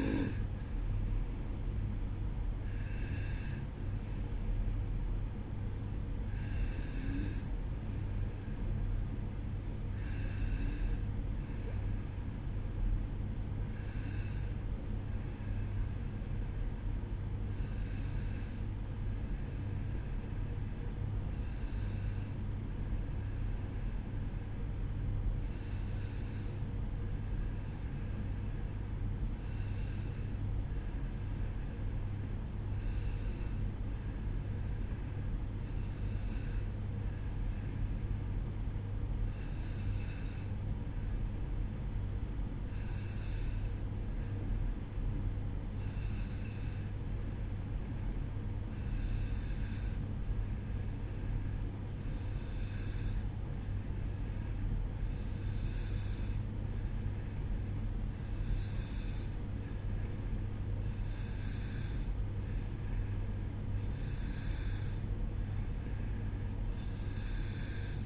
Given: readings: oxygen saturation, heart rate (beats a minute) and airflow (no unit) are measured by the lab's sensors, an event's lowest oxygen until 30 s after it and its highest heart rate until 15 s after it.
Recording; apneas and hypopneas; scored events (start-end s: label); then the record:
breathing in sleep by a smartphone at the bedside; 1
10.00-63.80 s: hypopnea (N2, oxygen 95% highest, then 91% lowest, heart rate 61 at the start, 64 highest)
From the record:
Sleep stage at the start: N2 (light sleep); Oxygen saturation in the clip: 91 to 95%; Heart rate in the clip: 60 to 64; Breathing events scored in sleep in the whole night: 305 in 9.6 hours asleep